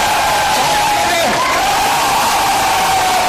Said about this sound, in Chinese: 佢每晚都喺旺角占领区主持网台节目，有过百名嘅现场观众。节目一开始，佢就无啦啦叫观众不停欢呼。